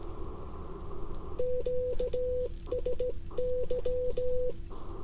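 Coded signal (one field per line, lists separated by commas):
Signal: Morse code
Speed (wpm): 17 wpm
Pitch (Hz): 500 Hz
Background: none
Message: QSY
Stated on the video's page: 15 wpm CW POTA park activation sent on a J-38 straight key with an Icom IC-705 into an end-fed half-wave antenna, on 40 metres.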